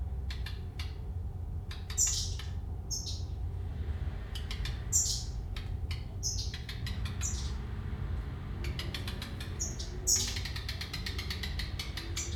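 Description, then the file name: Redstart song: short high whistled notes, mixed with bursts of dry crackling clicks in quick runs, repeated several times over steady low background hum. "rehek"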